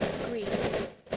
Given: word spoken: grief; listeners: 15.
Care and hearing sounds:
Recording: one English word in noise, from a listening test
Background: noise modulated by three-talker babble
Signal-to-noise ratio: -7.2 dB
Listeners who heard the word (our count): 4 of 15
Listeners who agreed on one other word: 6 of 15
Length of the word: 0.77 s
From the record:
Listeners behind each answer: 6, 4, 3, 1, 1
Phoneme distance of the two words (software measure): 10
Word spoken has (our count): 1 syllable, 4 phonemes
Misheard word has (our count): 1 syllable, 4 phonemes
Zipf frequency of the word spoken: 4.07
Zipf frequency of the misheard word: 5.22

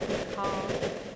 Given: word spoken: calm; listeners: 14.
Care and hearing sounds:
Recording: one English word in noise, from a listening test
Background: noise modulated by three-talker babble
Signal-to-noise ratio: -4.7 dB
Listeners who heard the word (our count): 0 of 14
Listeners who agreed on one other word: 10 of 14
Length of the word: 0.76 s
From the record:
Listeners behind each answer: 10, 1, 1, 1, 1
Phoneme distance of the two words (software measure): 7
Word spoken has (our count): 1 syllable, 3 phonemes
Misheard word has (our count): 1 syllable, 2 phonemes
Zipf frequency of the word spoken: 4.72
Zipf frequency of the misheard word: 5.44

